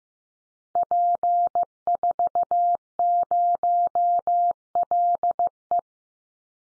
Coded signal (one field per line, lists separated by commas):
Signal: Morse code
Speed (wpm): 15 wpm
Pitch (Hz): 700 Hz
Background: none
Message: P40LE